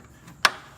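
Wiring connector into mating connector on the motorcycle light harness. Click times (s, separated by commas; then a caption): 0.4 s. A wiring connector is pushed into its mating connector on the light harness during a Custom Dynamics LED tri bar light install on a Harley-Davidson Road Glide motorcycle, most likely plastic connectors. A single sharp click sounds at 0.4 s against quiet background. The connector snaps into place and is seated.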